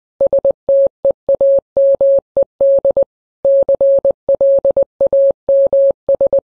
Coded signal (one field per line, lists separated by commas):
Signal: Morse code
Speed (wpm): 21 wpm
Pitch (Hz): 550 Hz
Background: none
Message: STEAMED CLAMS